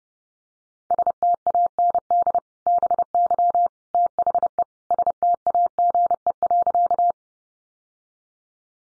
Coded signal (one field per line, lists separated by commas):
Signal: Morse code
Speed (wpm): 30 wpm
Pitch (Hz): 700 Hz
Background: none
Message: STAND BY THE STAGE.